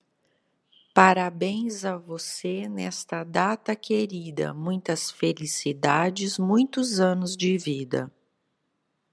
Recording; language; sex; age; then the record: short text; Brazilian Portuguese; female; 50 to 59 years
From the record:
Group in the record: control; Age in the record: 53 years